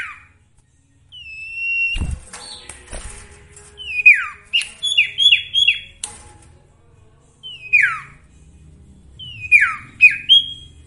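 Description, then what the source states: Sooty-headed bulbul song: bright, slurred whistles swooping downward, given singly or in pairs and once in a quick cluster, with gaps between, over a low hum and occasional knocks. Song with full variations, used for training songbirds (masteran).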